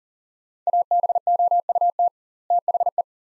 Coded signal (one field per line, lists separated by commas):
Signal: Morse code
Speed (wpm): 40 wpm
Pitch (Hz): 700 Hz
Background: none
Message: ABOUT THE